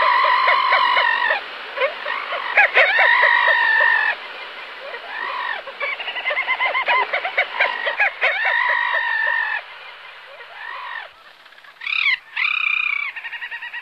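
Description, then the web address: Dovekie calls: loud, dense chattering, bursts of rapid nasal harmonic notes broken by brief pauses, ending with a few separate rising-falling squeals. "Songs of Birds of North America. Dovekie"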